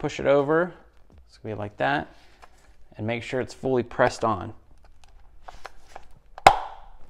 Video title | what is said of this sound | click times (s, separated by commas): The ULTIMATE BMW B58 M340i Oil Change DIY! | hear it click like that that way you know it's good to go | 6.5 s